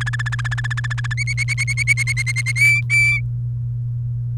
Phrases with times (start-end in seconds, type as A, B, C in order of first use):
0.01-1.14 A, 1.17-2.52 B, 2.56-3.20 C